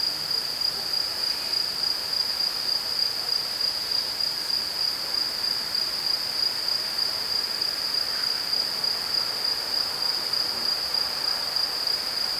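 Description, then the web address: Insect sound: a continuous shrill tone held at one high pitch throughout, with quiet background noise. "Insect Set 459"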